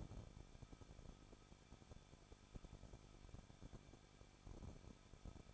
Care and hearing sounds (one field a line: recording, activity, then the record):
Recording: daily activity, microphone in the room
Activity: no activity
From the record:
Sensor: 5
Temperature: 20.9 degrees Celsius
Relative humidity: 38.2%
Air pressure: 1006.4 hPa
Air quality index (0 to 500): 187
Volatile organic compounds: 18 ppm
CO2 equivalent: 2621 ppm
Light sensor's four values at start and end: 2/3/1/1 and 2/3/1/1